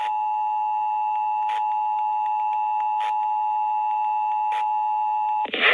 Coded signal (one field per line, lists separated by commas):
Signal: Emergency Alert System (SAME) tones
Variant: 853 and 960 Hz attention tone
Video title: YOU'RE WINNER🏆(EAS #78-79) RHODE ISLAND Required Monthly Test